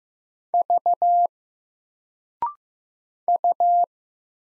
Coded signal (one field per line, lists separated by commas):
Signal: Morse code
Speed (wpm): 15 wpm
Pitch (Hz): 700 Hz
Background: none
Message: V U